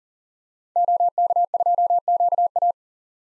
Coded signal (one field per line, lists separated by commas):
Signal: Morse code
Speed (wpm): 40 wpm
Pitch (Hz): 700 Hz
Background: none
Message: OK2QA